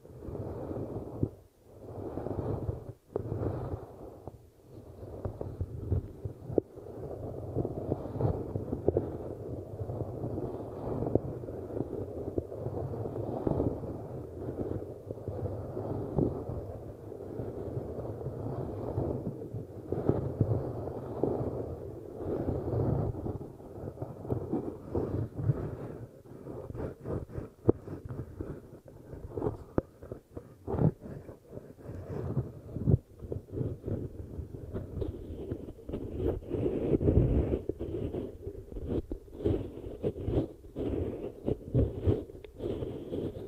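A dense, rumbling low roar churns for the whole 43 seconds, thick in the bass and low middle with little brightness above. Sharp thumps and crackling bursts punctuate it irregularly, more often after about 25 seconds, and a faint higher hiss joins near 35 seconds.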